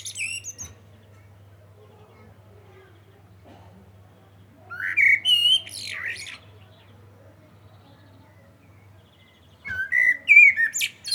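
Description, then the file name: Common blackbird singing phrases of mellow whistles that end in high, squeaky flourishes, spaced apart by long pauses. "Turdus merula"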